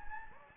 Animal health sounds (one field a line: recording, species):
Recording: mosquito wingbeat signal from an infrared sensor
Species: Anopheles gambiae